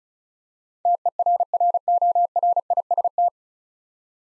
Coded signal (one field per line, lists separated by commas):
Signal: Morse code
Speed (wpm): 36 wpm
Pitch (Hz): 700 Hz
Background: none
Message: TERRORIST